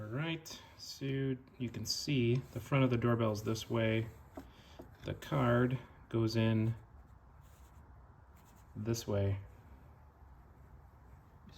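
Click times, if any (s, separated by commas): none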